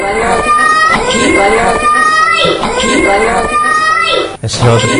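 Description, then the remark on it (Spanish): A scream captured in psychophony recording number 19: loud, continuous wailing with wavering, cry-like pitch and no clear words, holding steady for several seconds before a brief dropout near the end. “Es otra vez la del grito.”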